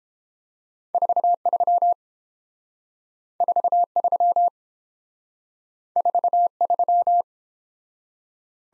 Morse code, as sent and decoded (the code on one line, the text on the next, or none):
....- ...-- / ....- ...-- / ....- ...--
43 43 43